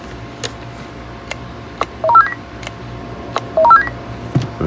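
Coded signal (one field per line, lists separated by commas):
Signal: roger beep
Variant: Stryker SR-955 roger beep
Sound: two quick five-note rising tone runs, each preceded by a key click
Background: room noise, mic clicks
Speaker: change it to a different one like that one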